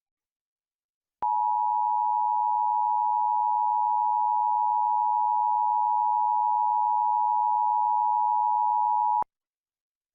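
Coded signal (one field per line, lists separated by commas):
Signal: Emergency Alert System (SAME) tones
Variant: 853 and 960 Hz attention tone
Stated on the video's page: National EAS Test as carried on a TV station's subchannel feeds.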